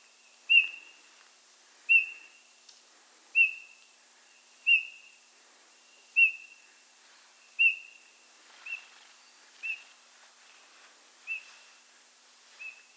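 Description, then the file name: Eurasian bullfinch calls: soft, pure piping whistles, each a short note, repeated about every 1.4 seconds and growing fainter toward the end. "Pyrrhula pyrrhula"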